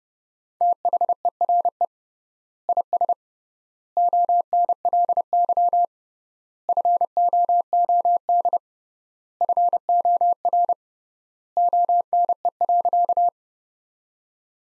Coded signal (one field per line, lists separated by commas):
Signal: Morse code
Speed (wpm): 30 wpm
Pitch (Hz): 700 Hz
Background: none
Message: THERE IS ONLY FOOD FOR ONE.